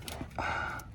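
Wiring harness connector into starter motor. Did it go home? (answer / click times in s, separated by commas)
no / none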